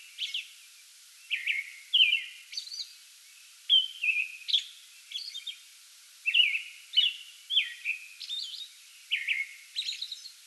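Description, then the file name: American robin song: bursts of warbled, slurred caroling phrases with occasional high, thin hissing notes, separated by brief pauses. Pre-dawn song bout recorded 8 May 2022. "2022-05-08 American Robin pre-dawn song bout"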